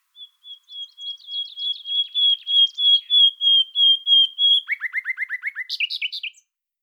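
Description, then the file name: Common nightingale song: a whistled note repeated rapidly, swelling louder over four seconds, then a fast series of lower downslurred notes and a closing burst of sharp chirps. "Luscinia megarhynchos"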